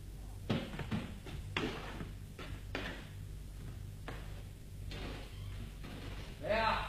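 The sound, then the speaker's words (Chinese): A series of dull knocks on a wooden door late at night, nearly eleven o'clock, irregularly spaced in small clusters, moderately loud against a low background hum, with a brief louder rustle at the end. “您听，有人敲门。”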